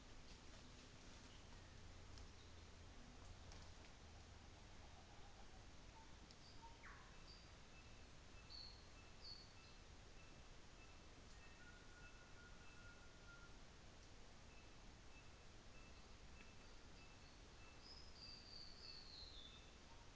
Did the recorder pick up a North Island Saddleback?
yes